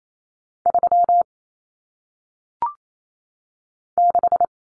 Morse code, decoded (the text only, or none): 3 6